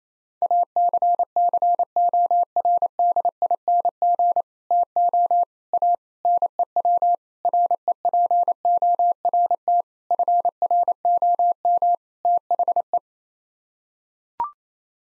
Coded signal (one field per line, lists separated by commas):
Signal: Morse code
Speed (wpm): 28 wpm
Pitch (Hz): 700 Hz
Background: none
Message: ACCORDING TO A NEW REPORT FROM THE